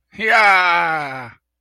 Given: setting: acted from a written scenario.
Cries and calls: vocal sound without words; elation

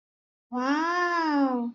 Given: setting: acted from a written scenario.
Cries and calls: vocal sound without words; interest

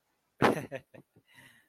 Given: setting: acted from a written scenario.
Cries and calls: vocal sound without words; amusement

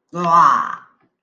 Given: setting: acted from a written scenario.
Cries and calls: vocal sound without words; disgust

